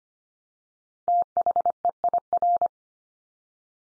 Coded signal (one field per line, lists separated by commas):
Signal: Morse code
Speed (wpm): 25 wpm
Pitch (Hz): 700 Hz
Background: none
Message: THEIR